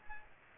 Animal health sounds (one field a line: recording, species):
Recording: mosquito wingbeat signal from an infrared sensor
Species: Aedes aegypti